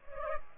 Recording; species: mosquito wingbeat signal from an infrared sensor; Culex pipiens